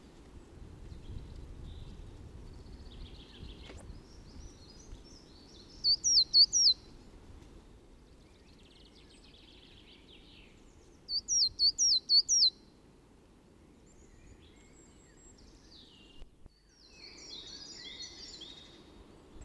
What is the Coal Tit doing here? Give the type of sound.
song